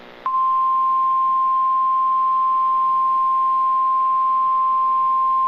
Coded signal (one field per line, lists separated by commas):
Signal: Emergency Alert System (SAME) tones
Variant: 1050 Hz attention tone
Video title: (EAS #12) Severe Thunderstorm Warning | 4/16/2024